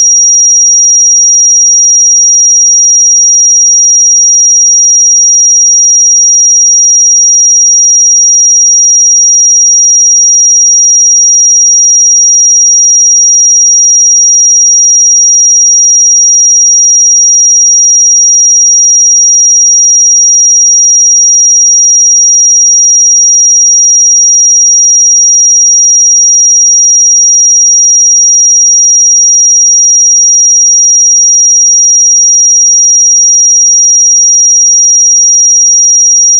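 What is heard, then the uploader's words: A pure sine tone at 5706 Hz holds one fixed, high, thin pitch for the full 36 seconds. Its loudness stays perfectly even from start to finish, with no wavering, breaks or other sounds behind it, only silence around the single whistle-like note. 5706 Hz 1 Hz Interval Sine Pure Tone Frequency 441000 Sample Mono.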